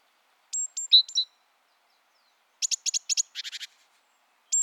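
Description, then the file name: Great tit calls: thin high notes and short slurred chips, then a rapid series of buzzy notes, with a final high note at the end; otherwise quiet. "Parus major"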